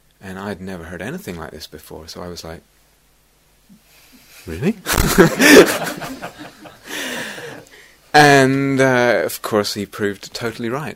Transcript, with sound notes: And I'd never heard anything like this before, so I was like, "Really?" [laughter] And of course he proved totally right.